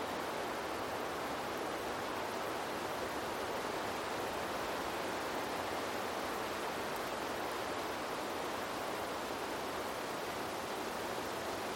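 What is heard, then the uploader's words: A steady, dense wash of wind through leaves, an unbroken hiss centered in the middle range with softer highs and little low rumble. Loudness stays level for the whole stretch, with no distinct gusts or separate events, sounding much like a rushing stream or white noise. Wind Sounds, Rustling Leaves & White Noise. The gentle breeze rustles through the leaves, creating a soothing rustling sound that resonates throughout the meadow. The rustling sound of the leaves and the distant sound of flowing water all come together.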